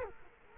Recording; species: mosquito wingbeat signal from an infrared sensor; Culex quinquefasciatus